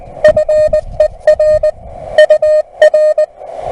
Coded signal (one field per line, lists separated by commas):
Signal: Morse code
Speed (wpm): 21 wpm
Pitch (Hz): 610 Hz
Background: none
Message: FER UR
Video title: An All-in-one Portable QRP CW Station by EI5EM